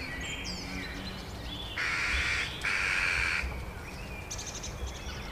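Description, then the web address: Eurasian jackdaw calls: two harsh, rasping notes in quick succession, with faint thin chirps of other birds and a steady background hiss. "Madardalok - Csóka"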